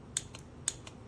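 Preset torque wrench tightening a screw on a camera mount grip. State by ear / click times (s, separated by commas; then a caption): torque reached / 0.2 s, 0.7 s. A GOYOJO preset torque wrench with a 1/4-inch drive and a 2–24 N·m range, set low, is pulled again to tighten a screw on a camera mount grip. It gives sharp, bright clicks at 0.2 s and 0.7 s, each followed by a fainter click at about 0.4 s and 0.9 s, over a low steady hum. The wrench clicks at its set torque, confirming the screw is tightened to the setting.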